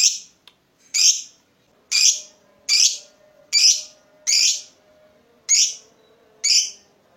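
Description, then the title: Lovebird chirping: eight shrill, high-pitched notes spaced about a second apart. The lovebird's singing style is said to make it look very clever at baiting, prompting other birds to sing. "Dari Gayanya Lovebird Ini Terlihat Pintar Sekali Memancing"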